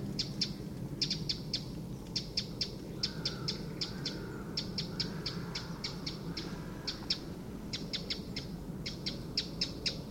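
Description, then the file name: Eurasian wren uttering crisp tick notes in short bursts at an irregular pace, with faint soft tones in the middle and a low steady rumble behind. "Troglodytes troglodytes"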